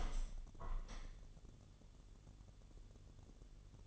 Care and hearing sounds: daily activity, microphone in the room; open window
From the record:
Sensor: 4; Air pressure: 1015.7 hPa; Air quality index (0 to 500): 119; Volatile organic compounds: 3 ppm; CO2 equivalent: 1331 ppm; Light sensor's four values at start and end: 9/20/8/7 and 9/20/8/7

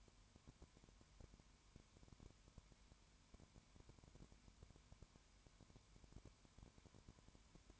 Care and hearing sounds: daily activity, microphone in the room; no activity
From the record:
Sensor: 2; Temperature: 20.0 degrees Celsius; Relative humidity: 32.1%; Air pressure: 1001.1 hPa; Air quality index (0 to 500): 55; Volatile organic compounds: 1 ppm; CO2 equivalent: 605 ppm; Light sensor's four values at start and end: 2/3/2/2 and 2/3/2/2

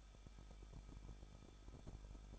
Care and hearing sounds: daily activity, microphone in the room; no activity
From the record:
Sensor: 5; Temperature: 20.9 degrees Celsius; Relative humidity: 38.2%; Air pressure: 1006.4 hPa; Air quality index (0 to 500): 187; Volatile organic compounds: 18 ppm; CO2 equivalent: 2627 ppm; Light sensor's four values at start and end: 2/3/1/1 and 2/3/1/1

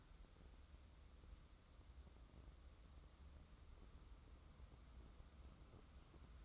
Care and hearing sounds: daily activity, microphone in the room; wipe stove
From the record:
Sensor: 3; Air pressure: 994.4 hPa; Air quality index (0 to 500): 209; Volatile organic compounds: 1000 ppm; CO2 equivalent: 6973 ppm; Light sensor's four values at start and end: 188/452/190/187 and 192/463/195/193

